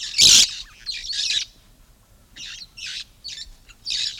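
Red-fronted parrot calls: one loud grating screech to start, a few softer rasping squawks, a short lull, then several more softer squawks.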